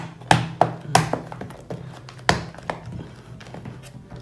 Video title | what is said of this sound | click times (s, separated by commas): Upgrade RAM dan SSD di Laptop ASUS S410UF - Super Slim tapi Spek dewa ROG | Nah, tutup juga harus sampai bunyi klik-klik semua. Tuh, klik. | 0.3 s, 0.6 s, 1.0 s, 2.3 s